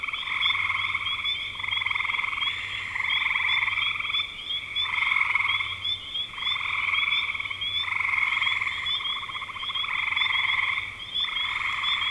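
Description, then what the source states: Frogs calling in chorus, rattling pulsed trills starting and stopping in turns, nearly continuous, with a steady high tone above. Recorded in spring 2025.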